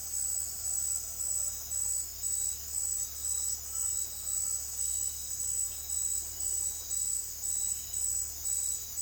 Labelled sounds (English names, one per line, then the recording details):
none
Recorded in secondary vegetation near Puerto Asís, Putumayo, Colombia, on 22 June 2025 at 17:30
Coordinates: 0.500, -76.326
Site GP08